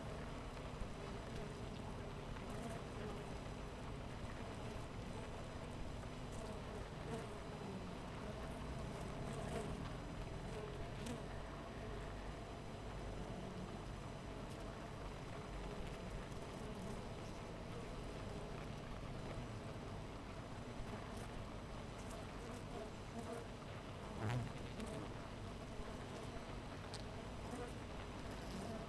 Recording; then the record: honeybee colony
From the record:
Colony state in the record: missing queen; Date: 14 July 2017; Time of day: 6:04